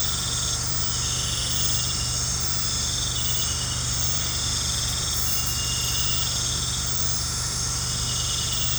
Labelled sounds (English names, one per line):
none